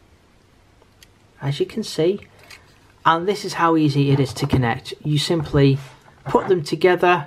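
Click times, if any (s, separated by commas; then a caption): none. A tender's connector plug is being brought to the plastic socket on a Dapol Manor Class model locomotive, to be pushed together so the two join. Someone talks through most of the clip, after a near-silent opening with two faint brief ticks around 0.8 and 1.0 seconds. Nothing has seated or clicked yet.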